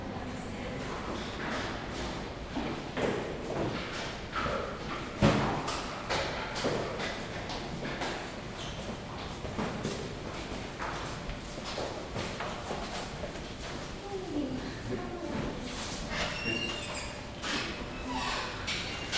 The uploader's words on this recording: Sounds of UCL: Cruciform building stairwell.